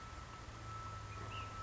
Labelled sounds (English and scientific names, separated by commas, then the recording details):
Ash-throated Flycatcher (Myiarchus cinerascens)
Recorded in Sonoma County, California